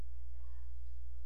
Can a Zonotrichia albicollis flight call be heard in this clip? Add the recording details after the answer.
no. No flight call is heard. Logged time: 00:15 on 16 September 2014